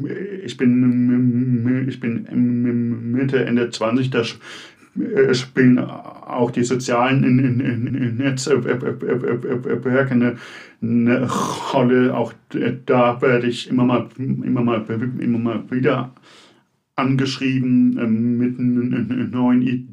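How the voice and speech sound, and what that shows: A man in his mid-to-late twenties who stutters speaks German with frequent whole-word and phrase repetitions, one phrase repeated three times, plus stretched sounds, filled pauses and broken pauses. This is stuttered speech with repetitions and hesitations that interrupt an otherwise clear, normally pitched voice.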